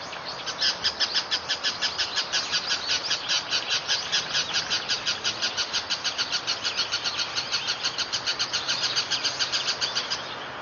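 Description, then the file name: Bull-headed shrike calling with a fast, unbroken series of shrill high notes lasting nearly the whole stretch, over steady background hiss. Bull-headed shrike's high-pitched call, mozu no takanaki in Japanese; recorded 27 October 2013. "MOZU-TAKANAKI 131027"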